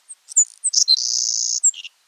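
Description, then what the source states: Savannah Sparrow song: a few thin, high chips, then a long, steady, insect-like buzz, closing with a few brief notes, the last ones lower. Persistent, buzzy summer song; can be mistaken for an insect; species of open North American habitats such as agricultural fields, meadows, coastal grasslands, salt marshes and tundra.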